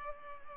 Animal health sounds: mosquito wingbeat signal from an infrared sensor; Culex pipiens

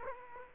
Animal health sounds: mosquito wingbeat signal from an infrared sensor; Culex quinquefasciatus

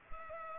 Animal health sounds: mosquito wingbeat signal from an infrared sensor; Culex pipiens

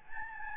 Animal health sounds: mosquito wingbeat signal from an infrared sensor; Aedes albopictus

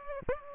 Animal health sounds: mosquito wingbeat signal from an infrared sensor; Aedes aegypti

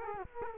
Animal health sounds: mosquito wingbeat signal from an infrared sensor; Culex quinquefasciatus

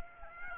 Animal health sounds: mosquito wingbeat signal from an infrared sensor; Aedes aegypti

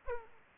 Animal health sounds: mosquito wingbeat signal from an infrared sensor; Aedes aegypti

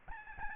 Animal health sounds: mosquito wingbeat signal from an infrared sensor; Aedes albopictus

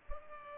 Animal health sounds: mosquito wingbeat signal from an infrared sensor; Culex pipiens

